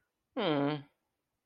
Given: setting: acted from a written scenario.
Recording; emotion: vocal sound without words; neutral